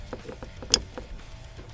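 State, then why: Seated. The original tail light plug on an S197 Mustang is pushed into the other end of a Raxiom tail light sequencer harness's plastic connector, with a few soft taps and rustles leading up to it. A sharp, loud click at 0.7 s marks the connector seating, followed by quieter handling sounds.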